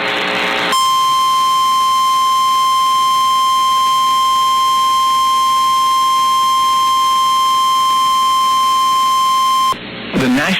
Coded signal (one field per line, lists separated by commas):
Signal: Emergency Alert System (SAME) tones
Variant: 1050 Hz attention tone